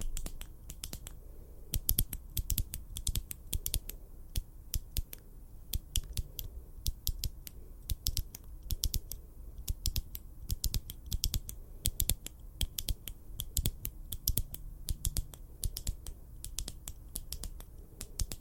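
Quick, uneven taps and clicks come in dense bursts throughout, like fingertips tapping on a hard surface, with a soft low rumble underneath.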